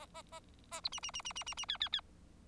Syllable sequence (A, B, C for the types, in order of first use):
A B C C C C C C C D D D